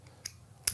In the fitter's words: line them in there, twist, and now it's locked into place.